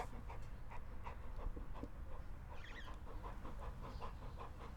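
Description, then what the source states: Dog sniffing and panting: quick, breathy bursts repeated several times a second in a steady rhythm. Dog gasping, sniffing and licking.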